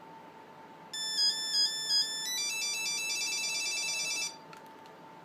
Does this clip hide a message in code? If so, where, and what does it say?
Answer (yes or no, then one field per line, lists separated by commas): no